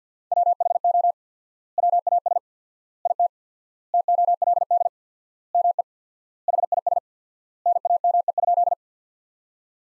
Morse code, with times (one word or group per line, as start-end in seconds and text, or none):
0.3-1.1 WHO
1.8-2.4 WAS
3.1-3.3 IT
3.9-4.9 TOLD
5.5-5.8 ME
6.5-7.0 HIS
7.7-8.7 NAME?